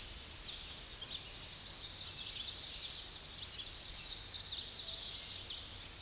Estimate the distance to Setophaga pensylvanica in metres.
about 25 m